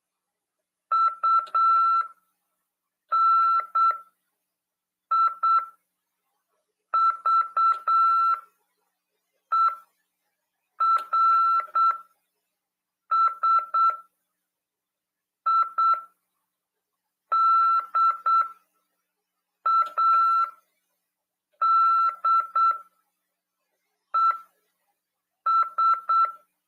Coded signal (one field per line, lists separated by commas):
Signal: Morse code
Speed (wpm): 8 wpm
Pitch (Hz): 1340 Hz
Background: none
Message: UNIVERSIDADES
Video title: RADIOAMADOR "AULA 48 CW" 2ªED. 18/4/2022 "SORTEIO: RÁDIO OK no NATAL/BRASIL" PY2EXU PAULO HAM RADIO